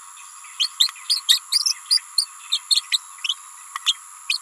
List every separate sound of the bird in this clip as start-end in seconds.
0.59-0.72, 0.80-0.89, 1.09-1.22, 1.28-1.41, 1.51-1.74, 1.90-1.99, 2.17-2.27, 2.51-2.59, 2.70-2.82, 2.91-2.99, 3.23-3.37, 3.85-3.99, 4.29-4.39